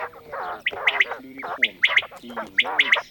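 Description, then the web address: Common quail calls, sharp three-note phrases repeated about every second, mixed with lower harmonic gurgling sounds throughout. For use in a decoy caller. "Перепел Quaglia. plurifon"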